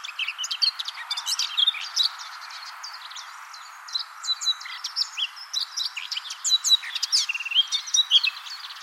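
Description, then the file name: Eurasian blackcap sings a long run of quick, scratchy and whistled notes, with a quieter stretch around the third second before it picks up again. "Sylvia atricapilla"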